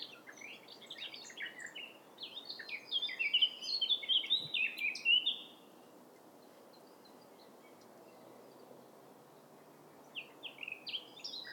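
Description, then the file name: Eurasian blackcap song, a fast scratchy warble rising into a louder, clearer ending around five seconds, then quiet until a brief new phrase begins. "Sylvia atricapilla"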